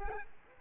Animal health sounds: mosquito wingbeat signal from an infrared sensor; Culex quinquefasciatus

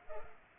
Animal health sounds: mosquito wingbeat signal from an infrared sensor; Culex pipiens

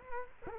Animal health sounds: mosquito wingbeat signal from an infrared sensor; Culex quinquefasciatus

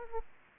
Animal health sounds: mosquito wingbeat signal from an infrared sensor; Aedes aegypti

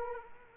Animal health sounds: mosquito wingbeat signal from an infrared sensor; Culex quinquefasciatus

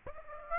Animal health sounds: mosquito wingbeat signal from an infrared sensor; Aedes aegypti

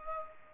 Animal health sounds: mosquito wingbeat signal from an infrared sensor; Culex pipiens

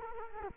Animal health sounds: mosquito wingbeat signal from an infrared sensor; Culex quinquefasciatus

